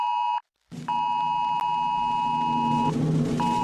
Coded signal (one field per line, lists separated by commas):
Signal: Emergency Alert System (SAME) tones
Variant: 853 and 960 Hz attention tone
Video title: EAS 2036